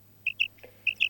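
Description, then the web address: Common quail calls: short, sharp, high notes in two quick pairs, a brief gap between them, over a faint low steady hum. Recording made for an electronic hunting decoy caller. "Перепел Quaglia. plurifon"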